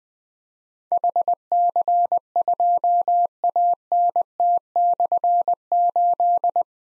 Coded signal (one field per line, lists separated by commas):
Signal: Morse code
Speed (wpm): 20 wpm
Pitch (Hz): 700 Hz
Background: none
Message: HC2ANT/8